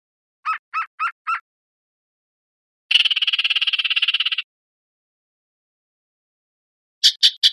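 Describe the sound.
Yellow-breasted chat giving four evenly spaced clipped notes, a long rapid buzzy rattle, then three more sharp notes in quick succession.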